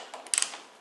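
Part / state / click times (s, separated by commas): expanding bullet in a plasterboard wall fixing / not seated / none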